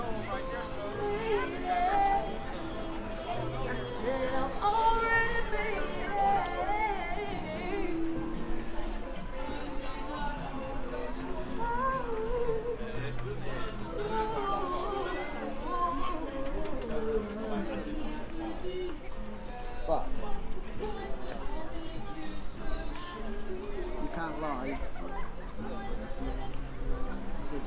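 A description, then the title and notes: A crowd of voices on Santa Monica Pier, recorded binaurally: overlapping chatter and talking fills the whole stretch at a steady level, with no pauses. A low rumble runs underneath, and a few brief louder bursts stand out near 5, 13 and 20 seconds. Santa Monica Pier. A binaural field recording. Watching the bumper cars, the roller coasters.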